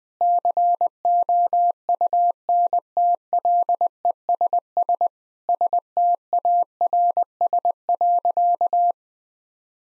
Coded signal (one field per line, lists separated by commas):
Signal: Morse code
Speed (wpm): 20 wpm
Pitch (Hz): 700 Hz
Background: none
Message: COUNTLESS STARS.